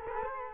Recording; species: mosquito wingbeat signal from an infrared sensor; Culex quinquefasciatus